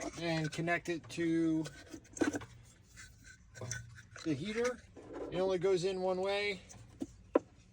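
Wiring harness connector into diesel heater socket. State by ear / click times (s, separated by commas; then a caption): not seated / none. Someone talks while handling a keyed plastic wiring harness connector, which fits only one way, at the socket of an Espar Airtronic S2 D2L diesel heater during an install in a Sprinter van. Between the speech there are a few brief handling ticks. The connector has not seated or clicked in yet.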